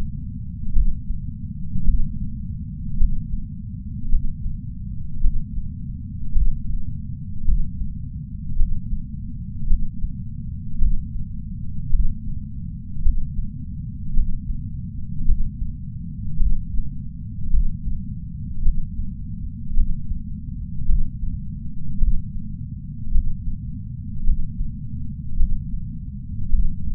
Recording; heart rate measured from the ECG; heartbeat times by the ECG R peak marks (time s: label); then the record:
heart sounds by patch sensor on the chest; 54 bpm
0.72 s: heartbeat
1.84 s: heartbeat
2.96 s: heartbeat
4.08 s: heartbeat
5.19 s: heartbeat
6.31 s: heartbeat
7.44 s: heartbeat
8.55 s: heartbeat
9.66 s: heartbeat
10.77 s: heartbeat
11.89 s: heartbeat
13.01 s: heartbeat
14.12 s: heartbeat
15.24 s: heartbeat
16.36 s: heartbeat
17.49 s: heartbeat
18.61 s: heartbeat
19.73 s: heartbeat
20.85 s: heartbeat
21.97 s: heartbeat
23.10 s: heartbeat
24.23 s: heartbeat
25.35 s: heartbeat
26.49 s: heartbeat
From the record:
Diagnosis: coronary artery disease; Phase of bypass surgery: intraoperative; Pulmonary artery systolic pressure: 17 mmHg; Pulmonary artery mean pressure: 9 mmHg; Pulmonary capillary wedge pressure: 2 mmHg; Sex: male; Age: 71 years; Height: 162 cm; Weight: 75 kg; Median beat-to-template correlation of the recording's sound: 0.89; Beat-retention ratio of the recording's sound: 0.98